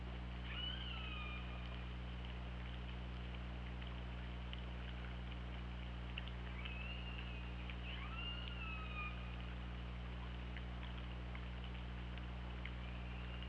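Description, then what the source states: Killer whale calls: several short falling squeals with harmonics, spread throughout, over constant low hum and scattered clicks. Recorded on the OrcaLab hydrophone, 24 August 2017 at 08:08.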